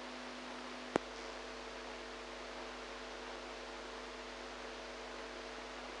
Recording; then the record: brain microelectrode recording played as sound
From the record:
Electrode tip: outside the subthalamic nucleus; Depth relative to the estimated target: 2 mm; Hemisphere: right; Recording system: NeuroSet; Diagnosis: Parkinson's disease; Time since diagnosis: 8 years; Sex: female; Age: 45 years